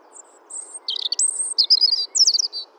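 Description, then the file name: European robin giving a short, tinkling song: a thin high whistle, then a fast run of warbled and trilled notes ending in a brief flourish, over low steady hiss. "Erithacus rubecula"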